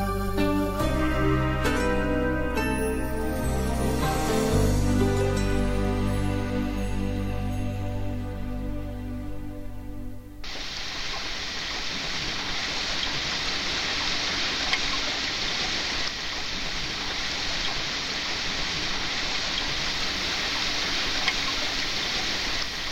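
About ten seconds of melodic music with sustained tones cut off abruptly, giving way to a steady, dense hiss of falling rain that continues evenly to the end with no talking.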